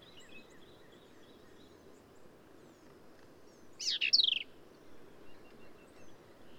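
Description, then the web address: Black-capped vireo giving a single quick phrase of sharp, high, falling notes amid quiet background. "birdsongforthecurious Black-capped Vireo"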